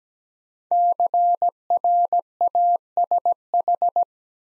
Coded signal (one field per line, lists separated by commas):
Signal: Morse code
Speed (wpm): 17 wpm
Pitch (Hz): 700 Hz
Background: none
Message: CRASH